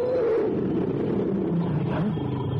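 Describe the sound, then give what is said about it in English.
A tiger lets out a long, deep, rumbling roar that stays loud and steady for a couple of seconds, with a gravelly low growl throughout and no voices. “A tiger? I have no gun.”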